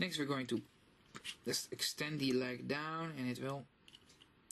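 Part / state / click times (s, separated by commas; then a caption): leg joint of a plastic transforming robot figure / seated / 4.5 s. Someone talks while the first leg of a plastic transforming robot figure is extended down, followed by a few faint small clicks. The leg joint clicks into place with a sharp click at 4.5 s.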